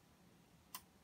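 The anvil of a circular (EEA) stapler is pushed onto the trocar spike of the stapler handle, with a single short, sharp click at 0.8 s over a quiet low hum. The anvil seats and engages on the trocar.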